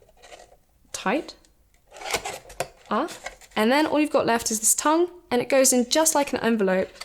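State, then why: Seated. The side flap of a folded Packhelp Classic Product Box, a cardboard box, is pushed into its slot in the box base while someone talks. A sharp click sounds at 2.6 s as the flap locks into place, so the box is securely tight.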